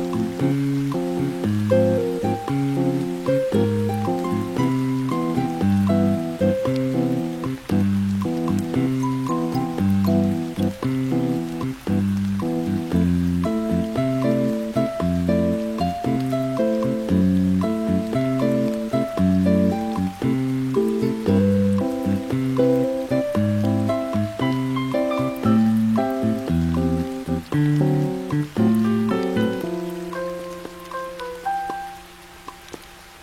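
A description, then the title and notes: Music plays over steady rain, with a soft hiss running beneath a repeating pattern of low and mid notes in an even, regular pulse. Near the end the notes give way to a single held chord that fades out while the rain continues. Music w/ Rain Sounds.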